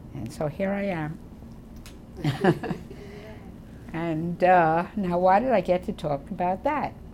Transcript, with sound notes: And so here I am. [chuckles] And now, why did I get to talk about that?